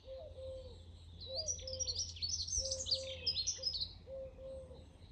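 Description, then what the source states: Birds chirp and twitter in high dense phrases, joined by soft drawn-out cooing notes repeated several times, with a low hum underneath. Birds singing in the morning.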